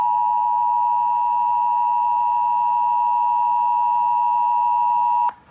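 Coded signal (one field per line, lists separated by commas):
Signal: Emergency Alert System (SAME) tones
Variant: 853 and 960 Hz attention tone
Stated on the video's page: EAS administrative message tones, older recording.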